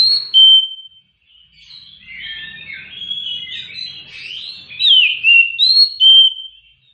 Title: Kacer Langsung Tarung Konslet KACER NGOTOT FULL TEMBAKAN. Pancing 30 DETIK SAJA Kacer MALES BUNYI jadi RESPON GACOR Dengan Ocehan Kacer GACOR pedas